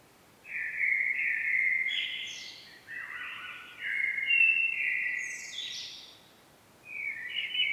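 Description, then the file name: Common blackbird giving several mellow warbled phrases separated by short pauses, with brief high squeaky notes. "Turdus merula"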